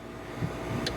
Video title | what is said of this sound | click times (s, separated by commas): Day 25 as apartment maintenance | while you pulling the valve stem out soon as you feel it click | 0.9 s